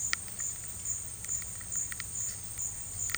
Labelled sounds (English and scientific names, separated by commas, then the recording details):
none
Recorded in dense forest near Puerto Asís, Putumayo, Colombia, on 19 March 2025 at 12:00
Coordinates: 0.484, -76.317
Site G064